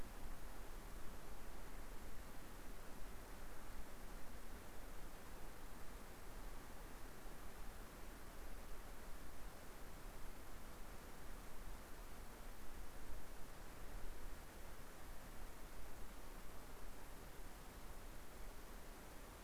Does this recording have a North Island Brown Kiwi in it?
no